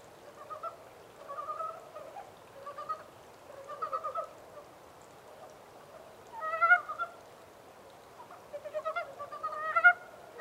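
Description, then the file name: Montane brown frog calls: rapid pulsed croaks in bouts of a second or so, with louder bursts in the second half. 14 April 2010. "yamaakagaeru-20100414"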